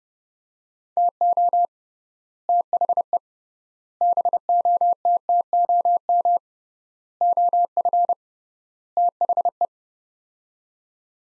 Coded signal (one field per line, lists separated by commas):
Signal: Morse code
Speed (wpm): 30 wpm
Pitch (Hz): 700 Hz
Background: none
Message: TO THE BOTTOM OF THE